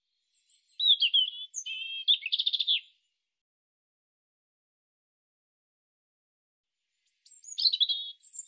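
European robin song: a quick phrase of thin high whistles, warbled notes and a rapid trill lasting about two and a half seconds, then silence before another twittering phrase begins near the end.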